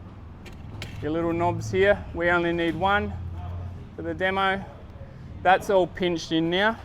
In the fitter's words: that locks in you'll hear it click in that's all it is you can do up